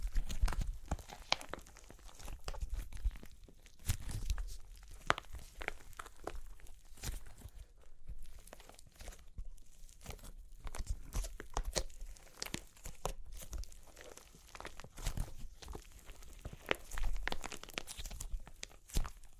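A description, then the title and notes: Dry clay cracks and crunches in a dense stream of sharp, bright snaps, some clustered in quick bursts and others spaced apart. Louder cracks stand out around the fourth and seventeenth seconds, with a faint low rumble and gritty crinkling between them. Super Crunchy Clay Cracking (No Talking).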